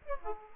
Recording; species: mosquito wingbeat signal from an infrared sensor; Aedes aegypti